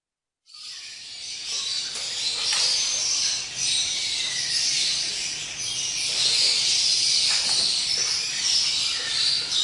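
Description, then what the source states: Lovebird chattering song, a dense high-pitched stream of rapid squeaky notes running almost without pause, swelling and dipping in loudness. Lovebird in extended ngekek song style, used as a bait song (kicau pancingan) to prompt other lovebirds to sing.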